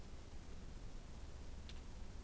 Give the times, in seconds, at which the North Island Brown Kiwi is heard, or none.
none